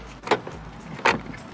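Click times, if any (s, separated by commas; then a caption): 1.1 s. After a new LED brake bulb goes into its socket, the plastic bulb socket is inserted into the taillight housing of a 10th Gen Honda Civic Si and twisted to lock. A softer bump comes at 0.3 s, then a sharp click at 1.1 s as the socket seats and locks in place.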